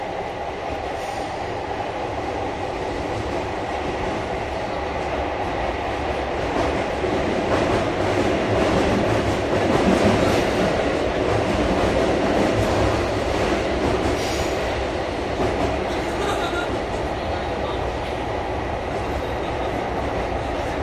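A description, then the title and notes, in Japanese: A JR 221 series train runs from Nara toward JR Namba, heard as a steady, dense rumble of the carriage in motion. The roar stays fairly even, swelling slightly around the middle, with a faint rhythmic clatter of wheels and a high whine running throughout. JR221系 奈良→JR難波。関西本線（大和路線）で録音をしました。車体は普通鋼製である。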